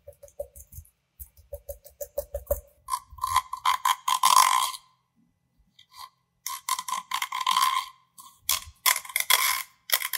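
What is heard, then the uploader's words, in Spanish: Fingernails tap and scrape on a tube, then gel beads crackle in short bursts. The sound is bright, with quick clicky pulses in the first seconds, dense crunchy runs around three to five seconds, and again from six and a half onward after a quiet pause. Utilizando objetos de color azul. Desde el suave sonido de las uñas en un tubo azul al deslizarse, hasta el crujido de las bolitas de gel.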